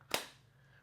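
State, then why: Seated. An iPhone 17 Pro Max in Cosmic Orange is pressed into a stiff Phone Rebel Air protective case. After a faint tick at 0.0 s, a sharp, bright click at 0.1 s seats the phone firmly, and the sound quickly fades to a quiet hum.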